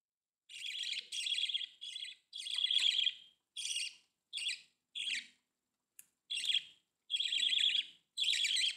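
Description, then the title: Budgerigar calls in a string of harsh, buzzy chirps, each lasting under a second, separated by short silent gaps. "Budgie Sounds"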